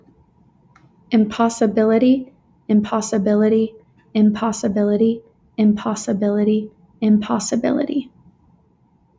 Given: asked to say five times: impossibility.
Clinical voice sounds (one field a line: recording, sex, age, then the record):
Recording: repeated word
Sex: female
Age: 20 to 29 years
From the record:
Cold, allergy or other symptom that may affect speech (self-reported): no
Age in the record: 25 years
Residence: Utah, United States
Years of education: 16